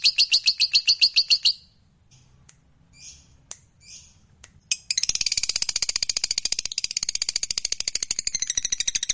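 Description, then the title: Lovebird chirping in quick shrill bursts, a short gap with a few sharp notes, then a long dense run of high rapid trilling. Fighter-type lovebird, described as gacor, singing energetically. "Berkat SUARA Lovebird FIGHTER GACOR Ini"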